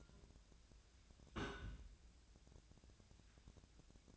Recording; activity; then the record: daily activity, microphone in the room; place on stove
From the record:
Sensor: 2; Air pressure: 1009.8 hPa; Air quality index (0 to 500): 180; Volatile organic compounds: 10 ppm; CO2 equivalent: 2249 ppm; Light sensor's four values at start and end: 32/79/34/38 and 32/79/34/38